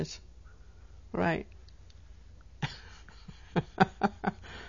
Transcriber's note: she laughs